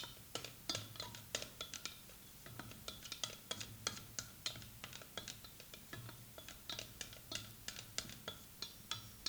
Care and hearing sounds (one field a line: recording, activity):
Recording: daily activity, guitar pickup as the sensor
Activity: fry